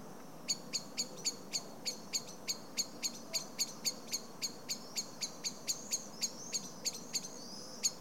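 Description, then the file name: Common blackbird giving a long, steady series of sharp, high ticking chinks over a soft hiss. "Turdus merula"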